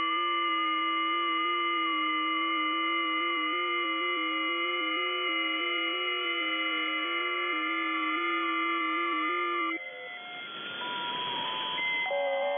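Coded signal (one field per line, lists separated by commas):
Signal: FT8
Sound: many steady overlapping tones warbling slightly in small pitch steps, then hiss after ten seconds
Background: radio static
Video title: FT8 on 40m Airspy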